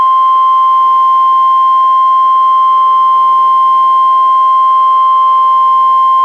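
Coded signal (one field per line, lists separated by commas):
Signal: Emergency Alert System (SAME) tones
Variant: 1050 Hz attention tone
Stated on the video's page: NWR Required Weekly Tests from NWS Portland via Astoria weather radio station, recorded directly from a Reecom R-1630 weather radio by USB.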